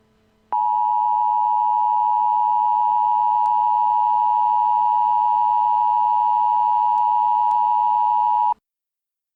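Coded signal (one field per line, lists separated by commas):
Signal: Emergency Alert System (SAME) tones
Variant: 853 and 960 Hz attention tone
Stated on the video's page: Simulated EAS scenario tones for a fictional zombie event.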